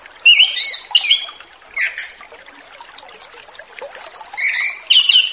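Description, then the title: Orange-headed thrush song: short, rich whistled phrases with sharp rising and falling notes, bursts near the start, a brief note near two seconds, another burst at the end. Relaxed ngeplong song style, used as a lure for young orange-headed thrushes just leaving their spotted plumage stage. "Anis Kembang Ngeplong Santai , Untuk Pancingan Anis Kembang Lepas Trotol"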